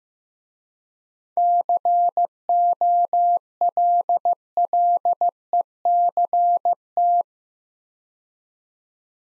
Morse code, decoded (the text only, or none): COLLECT